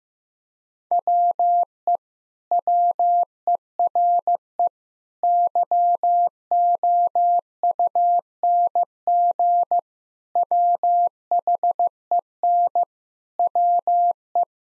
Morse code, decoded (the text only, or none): WE WERE YOUNG WHEN WE